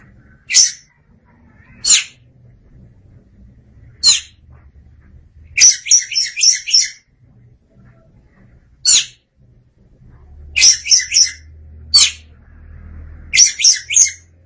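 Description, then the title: Oriental magpie-robin giving harsh, rasping notes spaced a second or two apart, with occasional quick stuttering bursts of three to five notes; faint low rumble beneath. "Suara Kicauan Burung Kacer Durasi Panjang"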